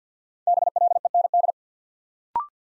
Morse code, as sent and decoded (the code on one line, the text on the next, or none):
-... .-.. . -. -..
BLEND